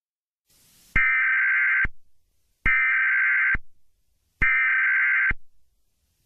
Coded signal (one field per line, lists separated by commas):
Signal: Emergency Alert System (SAME) tones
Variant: header bursts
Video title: The WEIRD WORLD of EAS Scenarios